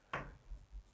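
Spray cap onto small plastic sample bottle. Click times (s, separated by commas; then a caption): 0.1 s. A spray top is pushed hard onto a small plastic Scentsy room-spray sample bottle, giving a single sharp click at 0.1 s followed by faint low rumbles. The cap clicks into place and seals the bottle.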